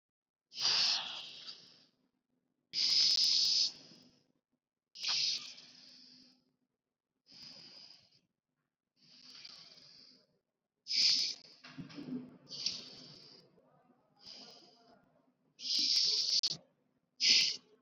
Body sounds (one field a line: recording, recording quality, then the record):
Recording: deep breathing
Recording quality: excellent, no background noise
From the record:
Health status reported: recovered from COVID-19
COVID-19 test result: negative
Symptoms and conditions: none ticked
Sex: female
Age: 33 years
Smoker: not ticked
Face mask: not worn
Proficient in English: yes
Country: India